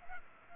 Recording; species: mosquito wingbeat signal from an infrared sensor; Culex pipiens